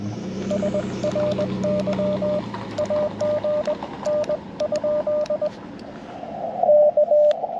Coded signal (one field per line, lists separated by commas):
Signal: Morse code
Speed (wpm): 20 wpm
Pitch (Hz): 600 Hz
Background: radio noise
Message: SRY AG N? K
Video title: CW POTA Activation with Yaesu FT-891 and Chelegance MC-750